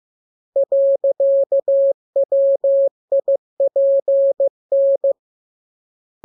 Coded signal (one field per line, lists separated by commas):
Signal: Morse code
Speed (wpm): 15 wpm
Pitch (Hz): 550 Hz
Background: none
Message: .WIPN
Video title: Learning Morse Code. Lesson 15. Letter KMURESNAPTLWI.JZ